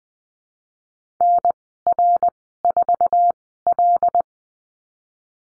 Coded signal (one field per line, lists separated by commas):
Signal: Morse code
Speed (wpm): 20 wpm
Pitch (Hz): 700 Hz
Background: none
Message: NR4L